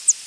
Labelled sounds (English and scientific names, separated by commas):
Northern Parula (Setophaga americana) flight call